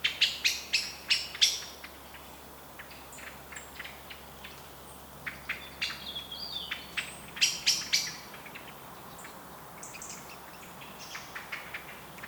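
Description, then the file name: Eurasian blackbird giving quieter bursts of sharp ticking calls, a run at the start and another around the middle, with gaps between. "Turdus merula"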